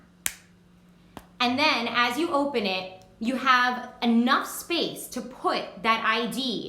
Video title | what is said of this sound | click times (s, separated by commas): Gear Beast Stick-on Wallet with Wristlet | strong magnet here you could probably hear that snap | 0.3 s